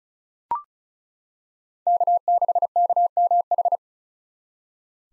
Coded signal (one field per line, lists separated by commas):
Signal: Morse code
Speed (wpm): 36 wpm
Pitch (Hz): 700 Hz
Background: none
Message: K6KMH